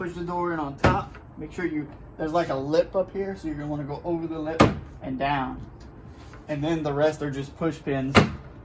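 A plastic interior door trim panel is being refitted onto a 2012 GMC Sierra truck door, pressed on at the top over a lip and down so its push pin clips line up with the door. Someone talks throughout, with a few short, sharp knocks of handling at about 0.9 s, 4.6 s and 8.2 s. No push pin has snapped into place yet, and the panel has not seated.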